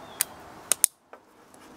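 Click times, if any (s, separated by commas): 0.8 s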